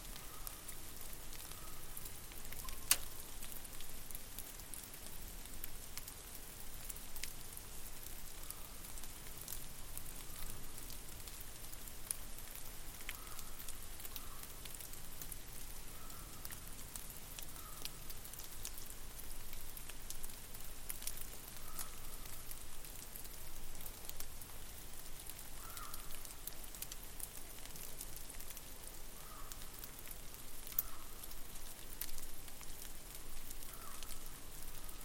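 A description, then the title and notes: A rural soundscape filled with a steady patter of rain, dense irregular drips and ticks crackling over a soft hiss. A sharp click stands out near three seconds, and faint short notes recur every few seconds through the middle register. Long duration soundscape recordings made at my home, a rural property 22 KM west of the village of South River, Ontario, Canada. Based on recordings made through the month of February.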